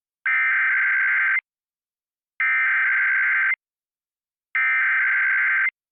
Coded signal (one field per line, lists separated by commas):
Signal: Emergency Alert System (SAME) tones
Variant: header bursts